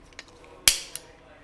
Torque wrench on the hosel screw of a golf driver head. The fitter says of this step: Tighten it back off, making sure you hear that driver click.